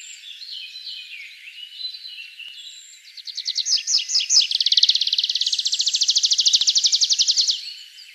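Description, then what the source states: Tree pipit singing a loud phrase of rapidly repeated high chips that run into a long, fast, even trill, after softer, varied notes. Recorded 1 June 2013.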